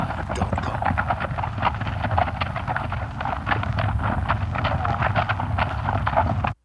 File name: Cattle Trudging